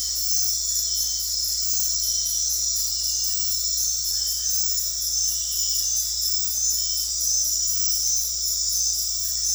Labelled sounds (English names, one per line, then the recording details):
none
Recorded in dense forest near Puerto Asís, Putumayo, Colombia, on 8 March 2025 at 22:00
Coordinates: 0.503, -76.323
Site GP09